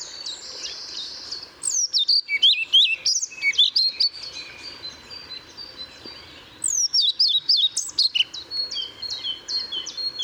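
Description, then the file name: European pied flycatcher song: short bright phrases of sharp high notes, the first starting near two seconds, another near seven seconds, with fainter birdsong in the background. Recorded 1 May 2014 at Paehl. "Trauerschnaepper 01 05 2014 Paehl WM Michle Pron"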